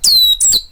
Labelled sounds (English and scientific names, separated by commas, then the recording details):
Stitchbird (Notiomystis cincta) song
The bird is a male
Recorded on Tiritiri Matangi Island, New Zealand, in 2005
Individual 8, of nest box 10